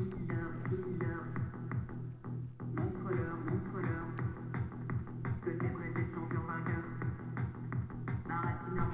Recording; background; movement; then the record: deep breathing; music; sitting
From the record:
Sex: female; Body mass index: 21.8 kg/m2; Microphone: on the chest, facing the body